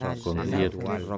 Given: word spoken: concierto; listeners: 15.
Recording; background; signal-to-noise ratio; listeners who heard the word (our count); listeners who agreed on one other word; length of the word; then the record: one Spanish word in noise, from a listening test; four-talker babble; 1.0 dB; 0 of 15; 10 of 15; 0.78 s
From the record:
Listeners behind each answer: 10, 1, 1, 1, 1, 1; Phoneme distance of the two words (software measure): 7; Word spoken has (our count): 3 syllables, 9 phonemes, stress on syllable 2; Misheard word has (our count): 3 syllables, 10 phonemes, stress on syllable 2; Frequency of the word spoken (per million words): 38.41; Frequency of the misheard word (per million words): 19.44